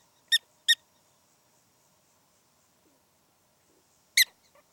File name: Prairie Dogs From Bad Lands South Dakota